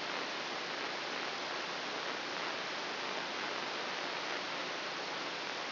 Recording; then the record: brain microelectrode recording played as sound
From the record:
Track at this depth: inside the subthalamic nucleus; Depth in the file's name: 3.513 mm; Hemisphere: left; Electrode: 3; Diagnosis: Parkinson's disease